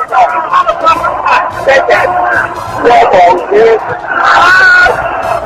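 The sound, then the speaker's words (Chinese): A dense crowd shouts and screams over one another in a loud, continuous din, with raised voices and occasional high-pitched cries rising above the chaotic babble throughout. “我哋而家听到前边啲人呼叫啊，佢发生咩事咧？”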